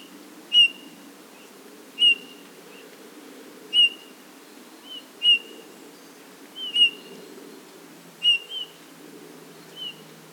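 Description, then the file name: Eurasian bullfinch uttering repeated soft piping whistles about every one and a half seconds, over a low, steady humming drone in the background. "Pyrrhula pyrrhula"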